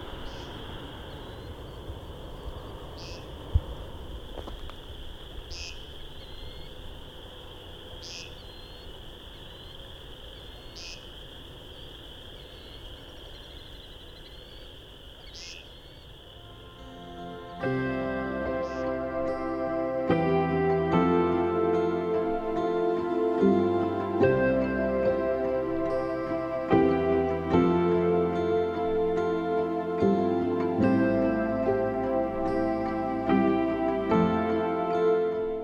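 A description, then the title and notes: At the Vinemount Swamp at dusk, a steady high insect or frog trill runs under regular sharp chirps about every two and a half seconds, with a single click near three seconds. After seventeen seconds, a much louder, dense layer of sustained shifting tones takes over. Dusk spring walk through the Vinemount Swamp. Thousands, maybe tens of thousands, of chorus frogs.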